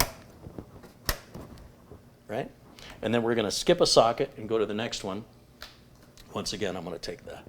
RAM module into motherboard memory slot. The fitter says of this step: And then using your thumbs, you'll push down each corner. You should hear it click.